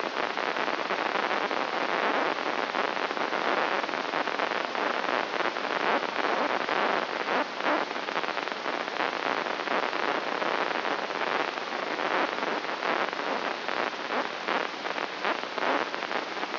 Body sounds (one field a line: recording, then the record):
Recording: brain microelectrode recording played as sound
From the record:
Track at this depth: outside the subthalamic nucleus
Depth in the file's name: 8.428 mm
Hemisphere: left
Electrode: 3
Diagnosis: Parkinson's disease